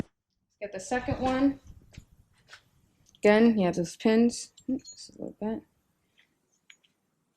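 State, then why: Not seated. Someone talks while handling the second front brake pad for a 2017-and-up Honda Civic, bringing it to the caliper bracket clip, with a few faint ticks of handling near the end. Nothing has seated or clicked into the clip yet.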